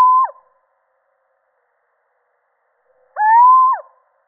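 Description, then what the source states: Little owl calls: the end of one hoot at the start, then after a long pause a full hoot that rises and ends with a quick downward drop. Male.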